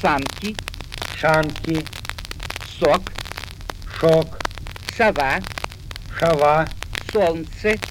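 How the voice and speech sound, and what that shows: An adult speaks isolated Russian words slowly, in pairs. A clear /s/ word is followed by a version with a hushing 'sh' in place of the /s/ (сок–шок, сова–шава). This is an imitated demonstration of sigmatism, a faulty pronunciation of whistling sibilants.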